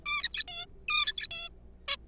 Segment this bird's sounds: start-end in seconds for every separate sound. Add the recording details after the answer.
0.06-0.44, 0.48-0.66, 0.88-1.27, 1.31-1.49, 1.88-1.97. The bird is a juvenile. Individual R3428